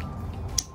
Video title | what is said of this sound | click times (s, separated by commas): Installation Demonstration of TT-ABC's Demon Eye Headlights for 2018-2024 Toyota Camry #ttabc | and here it click | 0.6 s